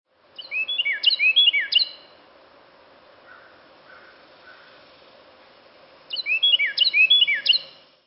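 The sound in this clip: Carolina wren song, loud ringing phrases of rolling downslurred notes repeated rapidly several times, given twice with a pause between; faint soft notes in the gap.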